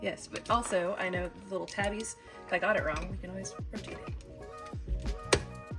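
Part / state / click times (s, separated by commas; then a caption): compressor switch into dash switch panel / seated / 5.3 s. Someone talks over background music while pressing an ARB compressor switch with small plastic tabs into the dash switch panel of a 2023 Bronco. A single sharp snap is heard at 5.3 s as the switch seats in the panel.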